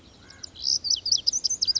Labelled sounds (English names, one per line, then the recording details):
Lazuli Bunting
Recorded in Sonoma County, California